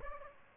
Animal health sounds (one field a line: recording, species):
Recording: mosquito wingbeat signal from an infrared sensor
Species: Aedes albopictus